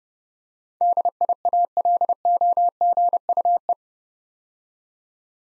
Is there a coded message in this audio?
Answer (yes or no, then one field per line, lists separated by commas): yes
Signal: Morse code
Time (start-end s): 0.8-3.7 s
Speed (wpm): 30 wpm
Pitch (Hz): 700 Hz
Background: none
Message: DIALOGUE